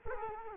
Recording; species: mosquito wingbeat signal from an infrared sensor; Culex quinquefasciatus